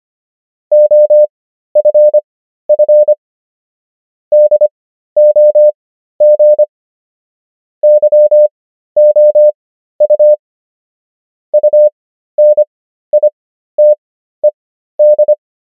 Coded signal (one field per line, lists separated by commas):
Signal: Morse code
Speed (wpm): 25 wpm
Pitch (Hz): 600 Hz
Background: none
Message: OFF DOG YOU UNITED